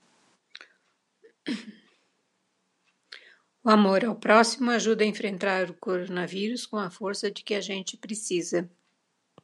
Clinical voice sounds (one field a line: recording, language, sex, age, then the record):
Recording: spoken sentence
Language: Brazilian Portuguese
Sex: female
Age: 60 to 69 years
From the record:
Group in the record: control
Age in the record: 69 years